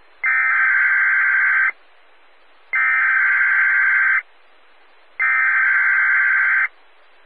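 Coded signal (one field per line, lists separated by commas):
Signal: Emergency Alert System (SAME) tones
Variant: header bursts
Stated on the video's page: Morse heard during a Skywarn weather net.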